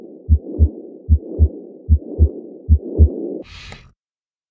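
Regular heartbeat near 75 a minute with a continuous rumbling murmur throughout both systole and diastole, typical of patent ductus arteriosus, as blood flows constantly from the aorta into the pulmonary artery; best heard in the subclavicular region.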